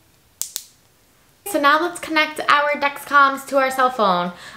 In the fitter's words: okay then when placing your ducks common you just want to make sure you hear two snaps so